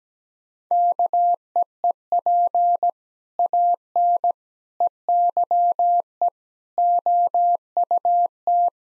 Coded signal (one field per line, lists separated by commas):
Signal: Morse code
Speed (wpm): 17 wpm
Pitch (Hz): 700 Hz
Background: none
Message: KEEP AN EYE OUT